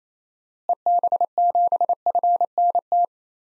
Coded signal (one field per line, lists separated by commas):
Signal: Morse code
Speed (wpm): 28 wpm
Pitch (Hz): 700 Hz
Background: none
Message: EB7FNT